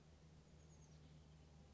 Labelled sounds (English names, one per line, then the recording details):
Oak Titmouse
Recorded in Sonoma County, California